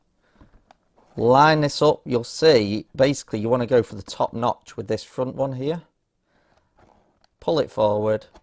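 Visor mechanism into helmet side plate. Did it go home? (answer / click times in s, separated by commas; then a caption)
no / none. A plastic visor mechanism is lined up against the side plate of an Airoh Matryx helmet, aimed at the top notch with the front part and then pulled forward until its bottom edge will click into the base plate. Someone talks throughout, with a few faint handling ticks around 0.7, 6.9 and 7.2 seconds. The mechanism has not clicked or seated yet by the end of the clip.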